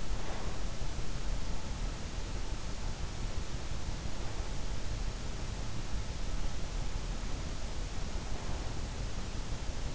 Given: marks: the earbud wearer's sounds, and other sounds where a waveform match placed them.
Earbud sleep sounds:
sounds in sleep by an in-ear microphone; breath
0.00-0.85 s: breath

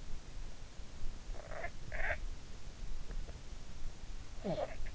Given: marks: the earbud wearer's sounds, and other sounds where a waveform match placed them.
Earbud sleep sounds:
sounds in sleep by an in-ear microphone; snoring breath
1.26-2.39 s: snoring breath
4.08-4.95 s: snoring breath

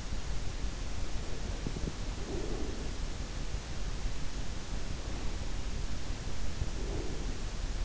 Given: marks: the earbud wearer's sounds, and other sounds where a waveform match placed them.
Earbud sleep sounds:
sounds in sleep by an in-ear microphone; breath
1.42-3.04 s: breath
6.41-7.45 s: breath

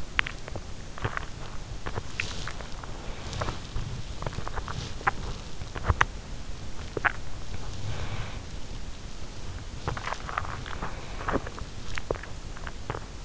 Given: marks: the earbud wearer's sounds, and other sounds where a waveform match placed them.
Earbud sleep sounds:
sounds in sleep by an in-ear microphone; body movement, breath
0.00-7.25 s: body movement
7.41-8.97 s: breath
9.78-13.25 s: body movement

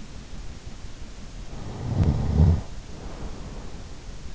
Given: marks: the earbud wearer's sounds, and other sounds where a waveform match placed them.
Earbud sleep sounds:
sounds in sleep by an in-ear microphone; snoring breath
1.41-4.20 s: snoring breath

